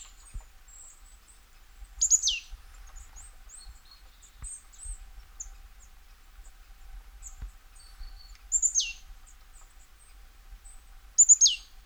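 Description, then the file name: Marsh tit giving high, abrupt descending call notes three times with long pauses, faint soft chips and twittering in the background, and a few low knocks. "Poecile palustris"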